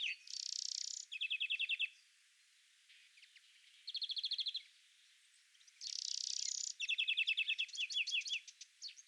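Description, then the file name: European greenfinch giving high trilled twitters and buzzy wheezes in bursts, with pauses of quiet between phrases. "Chloris chloris"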